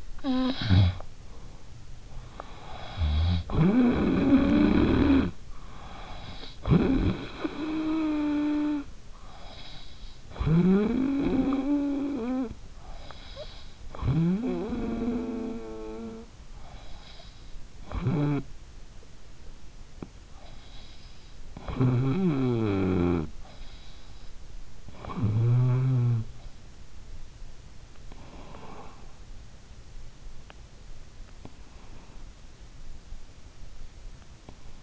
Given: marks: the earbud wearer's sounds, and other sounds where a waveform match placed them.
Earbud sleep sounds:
sounds in sleep by an in-ear microphone; snoring breath, breath
0.00-26.70 s: snoring breath
27.29-30.10 s: breath

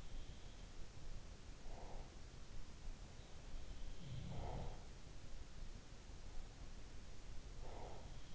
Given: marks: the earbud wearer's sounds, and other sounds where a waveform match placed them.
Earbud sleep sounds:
sounds in sleep by an in-ear microphone; breath
1.44-2.25 s: breath
4.07-5.62 s: sound from someone else or the room
7.43-8.01 s: breath

